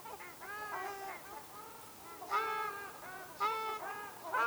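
Ruddy shelduck honking calls, loud nasal trumpeting bursts roughly once a second, with softer honks between them.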